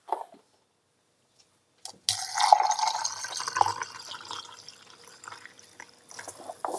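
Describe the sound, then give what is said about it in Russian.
After a short quiet stretch and a faint tap, spring water pours from a glass into a 3-litre jar of oats in a steady splashing, gurgling stream that gradually softens over several seconds, with no one speaking. “Если на 3-литровую банку овса мы 2 стакана, то воды 4 стакана. Наливаем 2 стакана.”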